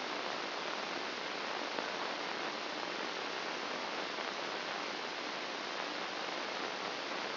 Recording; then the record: brain microelectrode recording played as sound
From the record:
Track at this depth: inside the subthalamic nucleus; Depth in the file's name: 2.434 mm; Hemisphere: left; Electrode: 2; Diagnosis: Parkinson's disease